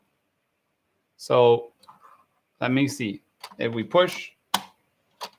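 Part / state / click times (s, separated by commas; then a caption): conversion kit back going onto an instant film camera body / seated / 4.5 s. Someone talks while a conversion kit back is pushed onto an instant-film camera body during a camera conversion. One loud, sharp click is heard at 4.6 s as the back latches and seats into place.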